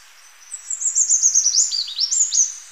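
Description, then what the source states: Choco Vireo singing a rapid run of high, sharp down-slurred notes lasting around two seconds, with several lower dipping notes in the second half. From a Birds of Ecuador collection.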